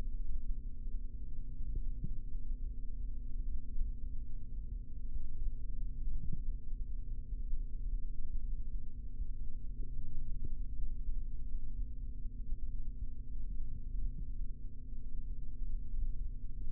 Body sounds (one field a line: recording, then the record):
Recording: forearm muscle sounds (acoustic myography)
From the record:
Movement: rest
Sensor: system 3, bracelet of six PUI Audio POM-2738L microphones around the upper forearm, with dedicated amplification and filtering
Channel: 2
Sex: male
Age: 25 years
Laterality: right